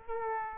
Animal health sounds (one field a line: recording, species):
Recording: mosquito wingbeat signal from an infrared sensor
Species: Aedes aegypti